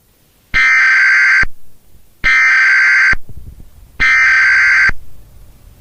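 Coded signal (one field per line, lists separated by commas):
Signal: Emergency Alert System (SAME) tones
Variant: header bursts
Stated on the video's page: Fictional EAS scenario reconstruction, not real government broadcasts.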